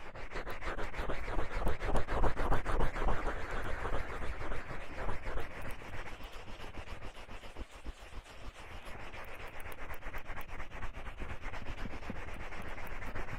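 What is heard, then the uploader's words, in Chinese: Ears being massaged, heard as dense rubbing and scratching right at the microphone. The texture stays busy throughout, with rapid, irregular strokes and a low muffled thump underneath, slightly louder in the first few seconds and easing a little around the middle. 放松按摩耳朵。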